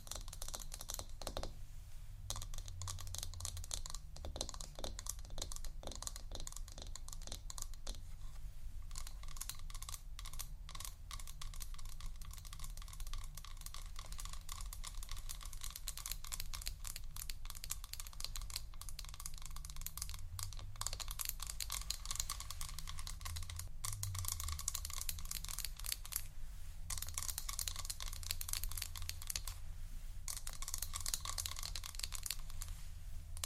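Quick, dense tapping runs almost without pause, with sharp clicks clustered in bursts and brief lulls around 2, 8 and 27 seconds. A steady low hum sits beneath, and some passages add a brighter, crinkly texture over the taps.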